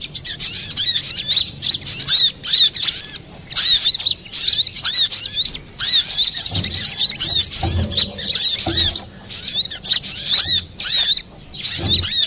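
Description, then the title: Little spiderhunter giving a busy stream of shrill, high chirps and quick slurred notes in short bursts, with some faint low thumps. Master recording used to train cage birds. "Masteran Burung Sogok Ontong Labaik"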